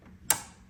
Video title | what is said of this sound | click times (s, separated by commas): How To Replace HP Printer Ink Cartridge - Step by Step Guide | all right so once you hear that click that means that you know you did it uh correctly | 0.3 s